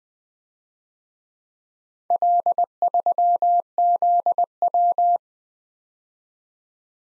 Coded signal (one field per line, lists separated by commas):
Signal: Morse code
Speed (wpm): 25 wpm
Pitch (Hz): 700 Hz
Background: none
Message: L3ZW